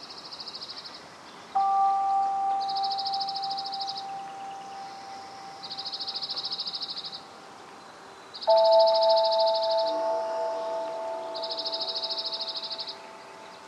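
In the Upper Macleay section of Forest Park, a high, buzzy trill repeats about every three seconds, each burst lasting over a second. Two clear, chime-like tones ring out at around 1.5 and 8.5 seconds, each sustaining and slowly fading.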